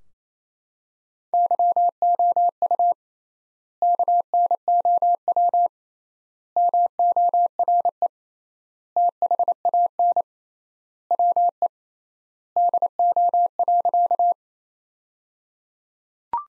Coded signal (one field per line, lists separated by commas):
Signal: Morse code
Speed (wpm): 28 wpm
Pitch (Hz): 700 Hz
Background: none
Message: YOU KNOW MORE THAN WE DO.